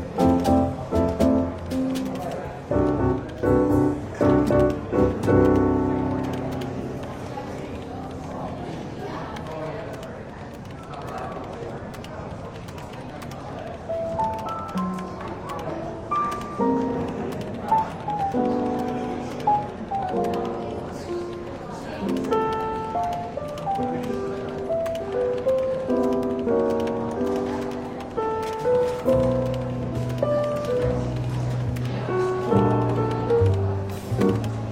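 Soft jazz plays in a bookshop café, with a walking bass and gentle piano-like melody moving steadily throughout. The music is fuller in the first few seconds, thins in the middle, and the bass returns strongly near the end, over a low murmur of voices.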